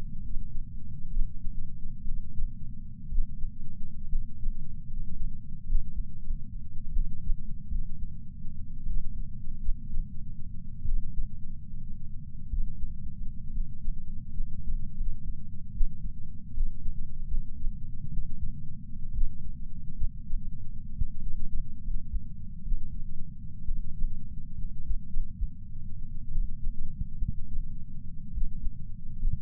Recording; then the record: heart sounds by patch sensor on the chest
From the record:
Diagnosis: coronary artery disease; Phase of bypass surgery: postoperative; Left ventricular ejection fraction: 41.5%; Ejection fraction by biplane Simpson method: 34.6%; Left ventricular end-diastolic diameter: 67 mm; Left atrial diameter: 53 mm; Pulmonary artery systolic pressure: 24 mmHg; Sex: male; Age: 61 years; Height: 174 cm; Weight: 80 kg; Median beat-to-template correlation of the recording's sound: 0.54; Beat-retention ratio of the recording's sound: 0.99